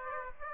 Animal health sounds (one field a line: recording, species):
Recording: mosquito wingbeat signal from an infrared sensor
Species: Aedes aegypti